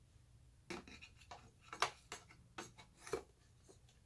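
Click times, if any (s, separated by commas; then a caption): none. A plastic cover is handled against the body housing of a Shark NV351 upright vacuum during reassembly, with the grip connector pushed out of the way. Short taps and rubbing scrapes of plastic sound from about 0.7 to 3.2 seconds, the sharpest at 1.8 seconds. The cover has not snapped into place yet, and nothing has seated.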